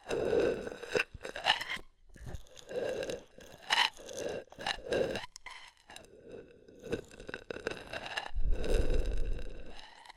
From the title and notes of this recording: ASMR Oil, Foam and Tingly Ear Massage.